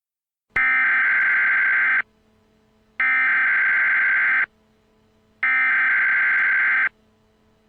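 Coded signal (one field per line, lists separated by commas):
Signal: Emergency Alert System (SAME) tones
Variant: header bursts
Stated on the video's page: Simulated EAS test made for a small game event in GMOD.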